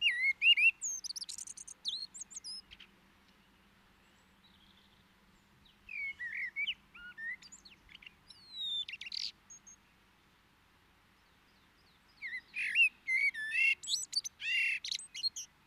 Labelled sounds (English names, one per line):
Common Blackbird song